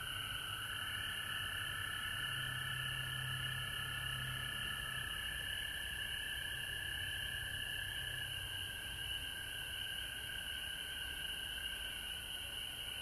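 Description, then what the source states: Frogs calling in a continuous chorus, overlapping high trills with a second lower trill, plus a faint low hum. Frogs recorded at home in Georgia on March 19, 2020.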